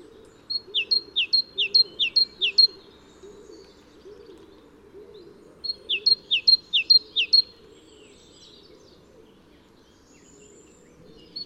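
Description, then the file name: Great tit song: two bursts of bright two-note phrases, a high note dropping to a lower slurred one, each burst about five phrases, over a faint low hum. "Parus major"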